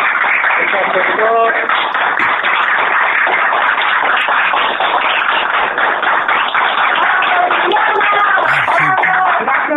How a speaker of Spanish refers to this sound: Perfecto, vamos con un fuerte aplauso entonces